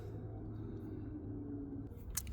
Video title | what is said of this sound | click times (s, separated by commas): 2014 to 2019 kia soul headlight bulb replacement | You line it up, twist it, and it clicks into place. | 2.2 s